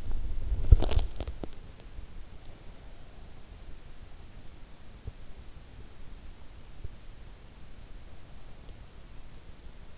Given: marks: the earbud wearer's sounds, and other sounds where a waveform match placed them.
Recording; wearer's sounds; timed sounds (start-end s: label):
sounds in sleep by an in-ear microphone; body movement
0.00-1.66 s: body movement